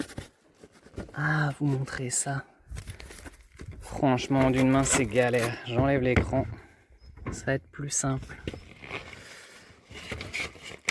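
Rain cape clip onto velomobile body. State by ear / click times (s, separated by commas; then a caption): seated / 10.9 s. Someone talks while handling the centre of a handmade fabric rain cape over the body of an Alleweder A4 velomobile modified in a solar version, with small knocks and rustles between the talking. At 10.9 s the centre of the cape snaps onto the velomobile body with a sharp click, seating it.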